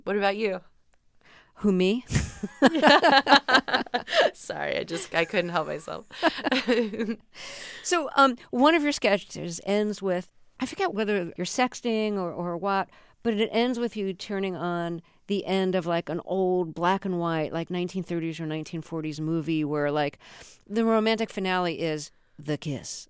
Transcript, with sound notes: What about you?
Who, me?
(LAUGHTER)
Sorry, I just, I couldn't help myself.
So one of your sketches ends up with - I forget whether you're sexting or what, but it ends with you turning on the end of like an old black-and-white like 1930s or 1940s movie where like the romantic finale is the kiss.